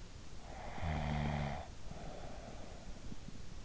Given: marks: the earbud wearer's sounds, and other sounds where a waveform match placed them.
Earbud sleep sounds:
sounds in sleep by an in-ear microphone; snoring breath
0.24-3.39 s: snoring breath

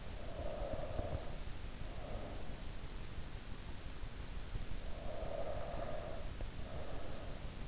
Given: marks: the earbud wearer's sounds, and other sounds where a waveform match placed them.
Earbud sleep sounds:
sounds in sleep by an in-ear microphone; breath
0.25-2.65 s: breath
5.00-7.68 s: breath

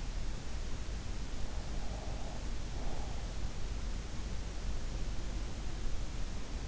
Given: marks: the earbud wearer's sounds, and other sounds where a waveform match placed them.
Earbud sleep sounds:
sounds in sleep by an in-ear microphone; breath
1.79-3.47 s: breath

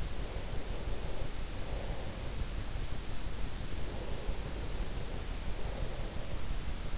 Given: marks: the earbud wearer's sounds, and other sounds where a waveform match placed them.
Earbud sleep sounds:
sounds in sleep by an in-ear microphone; breath
0.21-2.95 s: breath
3.87-6.90 s: breath

